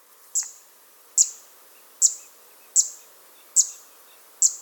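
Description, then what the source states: Zitting Cisticola giving sharp, very high single 'zip' notes, repeated steadily about every 0.8 seconds, with a quiet background. Inhabits tall grass or rush meadows near water, sometimes with reeds; now appearing in Saarland, Germany, with climate change; in spring sings in an undulating song flight, a note on each wave.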